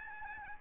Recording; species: mosquito wingbeat signal from an infrared sensor; Aedes albopictus